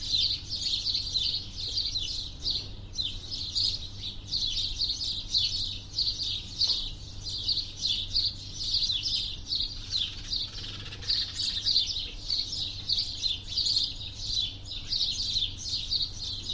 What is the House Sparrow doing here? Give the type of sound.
call